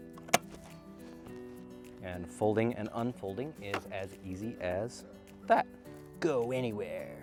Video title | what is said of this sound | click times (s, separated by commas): Small Ebike with a big bite (you'll see...) Snapcycle Eagle | swinging around snap into place snap into place | 0.3 s